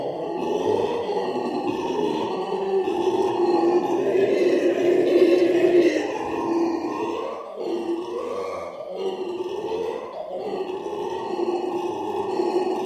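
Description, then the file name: Black-and-gold howler monkey roaring, long rasping howls rising and falling in waves, with brief dips between surges. "alouatta caraya"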